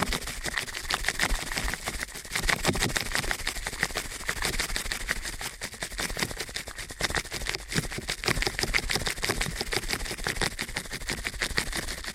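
Ear cleaning at a frantic pace: dense, rapid scratching and clicking rattles on without pause for the whole twelve seconds, bright and crackly.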